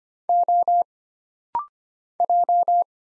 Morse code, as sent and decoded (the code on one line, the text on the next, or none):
--- / .---
O J